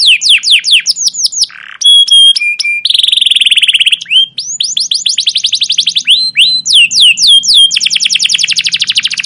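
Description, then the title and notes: Canary delivering an energetic, varied song of rapid descending chirps, clicking notes and a long buzzy roll, with fast trills throughout and a faint low hum beneath. Captive canary, long continuous chirping song used as a training track for young canaries to learn song. "CUIT CUIT NGEROL LANGSUNG GACOR PANJANG Kenari Ini AMPUH Utk Pancingan KENAR. PANCINGAN Kenari GACOR PANJANG Cuit CUIT EMOSI ini AMPUH utk MASTERAN Kenari PAUD belajar BUNYI. burung kenari"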